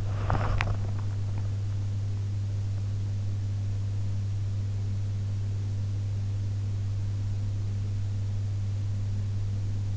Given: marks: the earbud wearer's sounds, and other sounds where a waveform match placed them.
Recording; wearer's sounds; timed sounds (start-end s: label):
sounds in sleep by an in-ear microphone; body movement
0.00-0.95 s: body movement